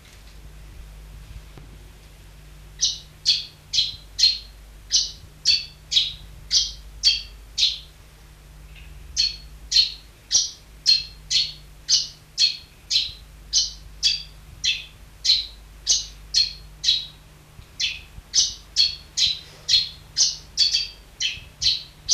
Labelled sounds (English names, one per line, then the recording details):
Arabian Golden Sparrow call
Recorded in captivity
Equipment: Halbspur, 9,5 cm/s
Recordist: Lütgens, Hans
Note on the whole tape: Bei Dr. Gersdorf: Rufe